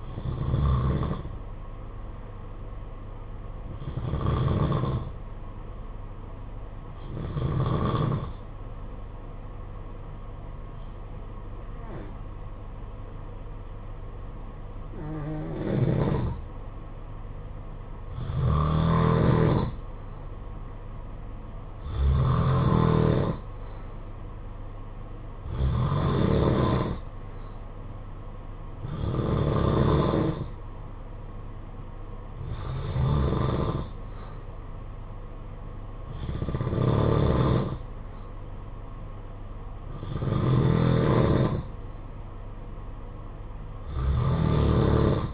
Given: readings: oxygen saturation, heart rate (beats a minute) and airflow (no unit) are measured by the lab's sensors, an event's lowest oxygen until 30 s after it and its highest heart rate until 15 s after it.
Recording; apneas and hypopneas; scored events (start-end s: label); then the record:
breathing in sleep by a smartphone at the bedside; 1
8.00-22.10 s: hypopnea (N2, oxygen 94% highest, then 90% lowest, heart rate 50 at the start, 59 highest)
From the record:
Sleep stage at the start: N2 (light sleep); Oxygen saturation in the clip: 88 to 94%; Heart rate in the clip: 48 to 59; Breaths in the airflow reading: 12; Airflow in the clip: -6.3 to 5.5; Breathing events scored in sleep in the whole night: 476 in 9.7 hours asleep